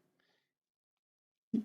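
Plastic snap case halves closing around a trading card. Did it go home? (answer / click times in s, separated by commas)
yes / 1.5 s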